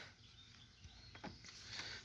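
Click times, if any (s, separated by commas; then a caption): none. The fuel/water separator filter housing on a Honda BF200 outboard motor is slid back onto its rubber feet and pressed toward its mounting bracket, producing a few small handling knocks over low background noise, with the sharpest around 1.2 s. The filter has not seated or clicked into its mount yet.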